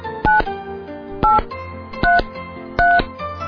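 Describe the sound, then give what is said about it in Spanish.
A telephone sounds in four short electronic bursts of bright, steady tones, evenly spaced about a second apart, with a low hum filling the gaps between them and no voices. “Teléfono.”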